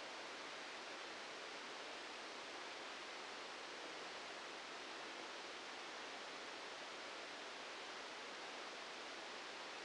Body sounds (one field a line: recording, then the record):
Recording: brain microelectrode recording played as sound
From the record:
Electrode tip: outside the subthalamic nucleus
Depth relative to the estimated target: 5 mm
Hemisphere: left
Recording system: NeuroSet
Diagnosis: Parkinson's disease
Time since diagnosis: 14 years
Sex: male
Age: 51 years